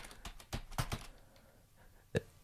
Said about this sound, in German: Hinein. Tippt. In das Dokument. Dokument.